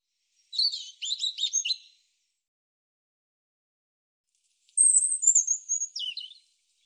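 European robin singing two separate phrases: first a quick series of scratchy, twittering notes, then after a long pause a high sliding whistle ending in a brief flourish.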